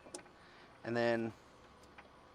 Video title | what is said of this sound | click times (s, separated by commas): The Best Low Profile LED Tail Lights for a Jeep Gladiator - Morimoto XB LED Low Profile Tail Lights | Just keep pushing until you hear a click, | 0.1 s